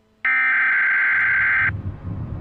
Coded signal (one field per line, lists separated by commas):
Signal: Emergency Alert System (SAME) tones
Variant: header bursts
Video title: EAS scenario ￼#12 Max antonem rampages earth and spreads red smoke